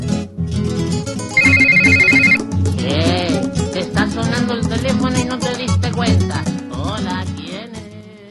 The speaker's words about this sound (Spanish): Bueno, y está sonando el teléfono y tenemos otra comunicación telefónica.